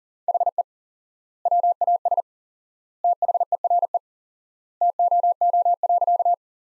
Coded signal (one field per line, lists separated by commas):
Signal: Morse code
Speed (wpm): 37 wpm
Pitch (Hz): 700 Hz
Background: none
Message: HE WAS THERE TOO.